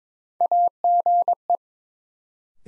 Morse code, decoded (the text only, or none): AGE